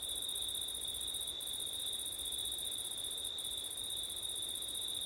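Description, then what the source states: Cricket chorus of continuous high shrill trilling on two steady pitches, with soft background hiss. Crickets on a September night, with wind; ORTF microphone setup.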